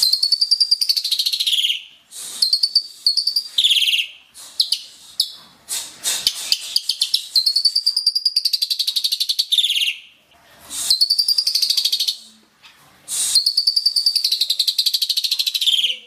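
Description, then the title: Asian pied starling giving repeated rasping, pulsed phrases that drop in pitch, separated by short pauses and mixed with brief clicking notes. "Jalak Suren"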